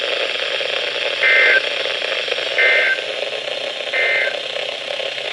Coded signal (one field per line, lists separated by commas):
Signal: Emergency Alert System (SAME) tones